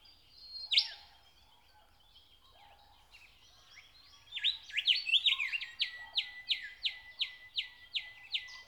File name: Nature Sounds - Song of the nightingale (Zvyki com)